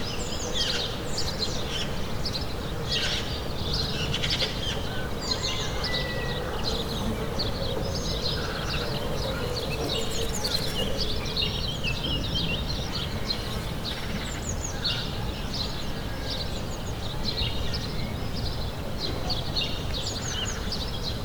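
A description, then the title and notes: Morning birds chirp and twitter constantly in overlapping bright calls over a steady low rumble of background noise, with no pauses throughout. Morning Birds in the Village.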